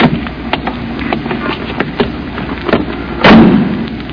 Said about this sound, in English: I waited for about 10 minutes until Christine Matson's cab pulled up at the curb and she opened the door for me.